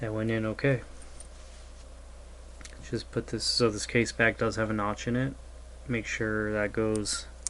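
Someone talks while handling the metal snap-on case back of a Seiko Vivace women's quartz watch, model 4N01-5099 with a 4N00 movement, lining its notch up with the crown before pressing it onto the case. Faint ticks come at about 1.2 s and 2.7 s, and a sharp tick at 7.5 s just as the clip ends. Nothing has seated or clicked yet; the case back is not yet home.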